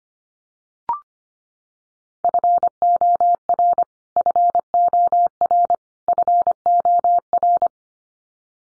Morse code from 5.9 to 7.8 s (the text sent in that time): FOR